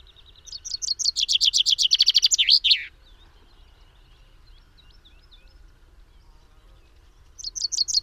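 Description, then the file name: Common chaffinch song phrase of tumbling, accelerating notes ending in a downward flourish, followed by faint chirps and the start of another phrase at the end. "Fringilla coelebs"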